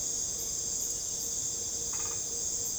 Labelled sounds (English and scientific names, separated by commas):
none